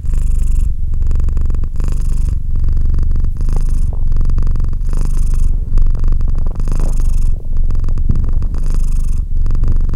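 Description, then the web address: Domestic cat purring loudly, a low throbbing drone pulsing with its breathing. "Cat Purr 201308 Cat purr"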